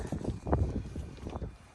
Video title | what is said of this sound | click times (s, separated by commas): My Daughter's First Car | it's not latching anyways that'll be addressed we'll look at that | none